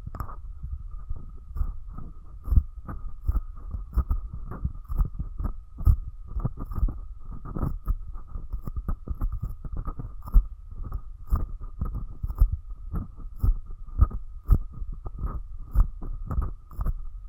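Close-up ASMR mic treatment: rapid, irregular soft thumps and rubbing against the microphone, with a thin steady tone humming throughout.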